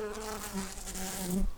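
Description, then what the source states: Brown-banded carder bee buzzing, a steady low droning hum with rich overtones that wavers slightly in pitch and swells louder toward the end. Worker bees.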